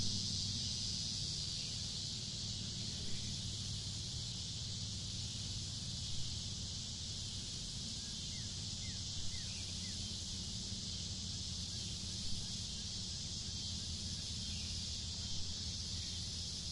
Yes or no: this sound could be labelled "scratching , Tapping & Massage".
no